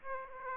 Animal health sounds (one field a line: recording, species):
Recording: mosquito wingbeat signal from an infrared sensor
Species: Aedes aegypti